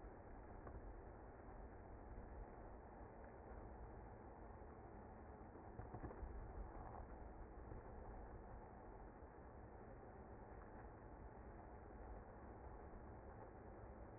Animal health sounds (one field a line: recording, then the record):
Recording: honeybee colony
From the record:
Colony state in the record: active